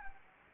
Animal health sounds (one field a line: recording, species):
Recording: mosquito wingbeat signal from an infrared sensor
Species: Anopheles gambiae